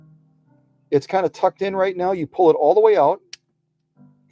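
Someone talks as the tucked-in bobbin-winding thread guide on a 1966 Husqvarna Viking 19E Special sewing machine is pulled all the way out. A single sharp click is heard at 3.3 s as the guide reaches the end of its travel and locks into its extended position.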